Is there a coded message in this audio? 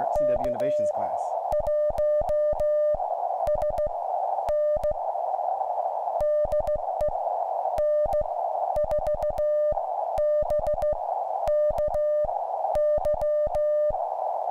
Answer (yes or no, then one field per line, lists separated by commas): yes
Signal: Morse code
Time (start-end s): 0.2-13.9 s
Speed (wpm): 16 wpm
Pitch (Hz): 600 Hz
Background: speech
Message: K1SN DE N4BKY